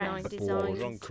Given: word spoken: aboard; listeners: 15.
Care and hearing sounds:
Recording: one English word in noise, from a listening test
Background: four-talker babble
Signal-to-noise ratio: 0.8 dB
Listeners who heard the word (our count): 5 of 15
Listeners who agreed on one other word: 9 of 15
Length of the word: 0.71 s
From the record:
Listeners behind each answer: 9, 5, 1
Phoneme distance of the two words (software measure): 7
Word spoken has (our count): 2 syllables, 4 phonemes, stress on syllable 2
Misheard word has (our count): 1 syllable, 3 phonemes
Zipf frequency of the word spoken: 4.11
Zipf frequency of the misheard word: 4.18

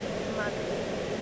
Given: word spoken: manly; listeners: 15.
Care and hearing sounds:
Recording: one English word in noise, from a listening test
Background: speech-shaped noise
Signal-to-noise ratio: -6.7 dB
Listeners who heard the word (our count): 0 of 15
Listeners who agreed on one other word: 9 of 15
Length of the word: 0.82 s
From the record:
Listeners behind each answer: 9, 1, 1, 1, 1, 1, 1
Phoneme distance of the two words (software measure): 17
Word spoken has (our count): 2 syllables, 5 phonemes, stress on syllable 1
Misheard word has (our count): 2 syllables, 4 phonemes, stress on syllable 1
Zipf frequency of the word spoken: 3.47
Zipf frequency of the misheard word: 5.84

